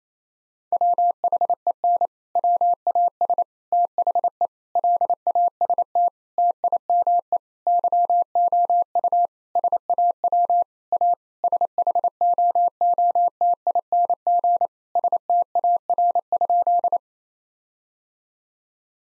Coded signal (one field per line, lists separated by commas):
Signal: Morse code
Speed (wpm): 28 wpm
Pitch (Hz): 700 Hz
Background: none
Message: WHEN WAS THE LAST TIME YOU SAW A SHOOTING STAR?